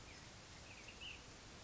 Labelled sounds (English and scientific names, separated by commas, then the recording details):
Ash-throated Flycatcher (Myiarchus cinerascens)
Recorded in Sonoma County, California